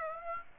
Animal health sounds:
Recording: mosquito wingbeat signal from an infrared sensor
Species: Aedes aegypti

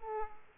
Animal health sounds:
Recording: mosquito wingbeat signal from an infrared sensor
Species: Aedes aegypti

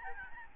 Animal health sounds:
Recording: mosquito wingbeat signal from an infrared sensor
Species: Aedes albopictus

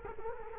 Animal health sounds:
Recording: mosquito wingbeat signal from an infrared sensor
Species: Culex quinquefasciatus

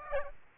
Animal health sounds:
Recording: mosquito wingbeat signal from an infrared sensor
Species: Aedes albopictus

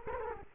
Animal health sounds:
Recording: mosquito wingbeat signal from an infrared sensor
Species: Culex quinquefasciatus

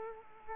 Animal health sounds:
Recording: mosquito wingbeat signal from an infrared sensor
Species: Culex quinquefasciatus

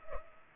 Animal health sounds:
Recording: mosquito wingbeat signal from an infrared sensor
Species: Culex pipiens

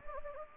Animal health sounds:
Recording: mosquito wingbeat signal from an infrared sensor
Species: Anopheles gambiae

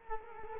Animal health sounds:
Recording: mosquito wingbeat signal from an infrared sensor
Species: Culex quinquefasciatus

